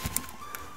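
A locking tab on an electrical wiring connector on a BMW intake manifold is pressed to disconnect it, and the connector is pulled upward. A sharp click comes at 0.2 s and a softer tick at 0.6 s over a faint steady tone near 1 kHz. The connector is released.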